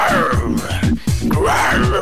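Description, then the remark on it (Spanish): Loud, harsh braying roars of mating zebras, offered as a mobile phone ringtone: a rapid series of rhythmic, falling moaning calls, rough and strained, with a brief pause midway before the cries resume. “recibirás en tu teléfono el auténtico sonido de cebras rugiendo de amor.”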